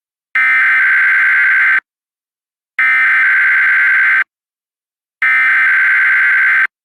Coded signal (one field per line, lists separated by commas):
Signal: Emergency Alert System (SAME) tones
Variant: header bursts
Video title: Eas extreme wind warning 7/2/2021